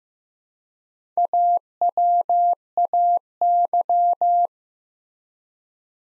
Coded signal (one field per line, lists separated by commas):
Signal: Morse code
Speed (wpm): 15 wpm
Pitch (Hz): 700 Hz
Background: none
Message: AWAY